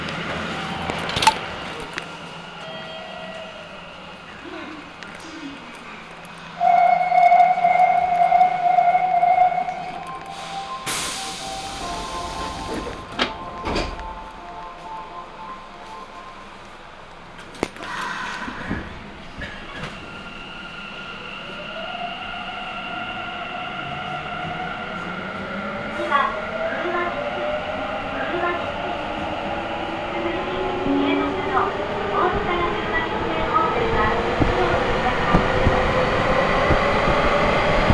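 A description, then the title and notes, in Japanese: A Nagoya Municipal Subway Sakura-dori Line train runs from Taiko-dori toward Tokushige. A steady low rumble carries a bright warbling chime tone around seconds 7 to 10, followed by clanks and rattles, then rising motor whines as the train speeds up toward the end. 名古屋市営地下鉄桜通線 太閤通→徳重。桜通線の太閤通から徳重までの全区間を乗った時のものです。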